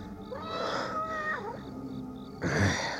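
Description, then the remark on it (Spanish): A cat lets out a long, wavering meow that bends downward in pitch, followed after a pause by a short, louder burst of rough, noisy sound. “¡Maldito gato! ¿Qué hacías aquí?”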